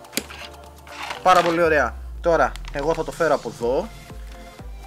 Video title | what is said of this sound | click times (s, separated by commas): My New Pc Build - Ryzen 7 2700 Tridentz 16gb MSI B450 Gaming Plus | δεν κουμπώνει, κρίμα. | none